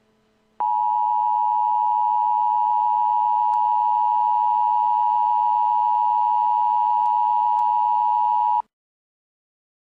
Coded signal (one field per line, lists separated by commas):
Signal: Emergency Alert System (SAME) tones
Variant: 853 and 960 Hz attention tone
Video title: EAS in Movies: "Die Hard"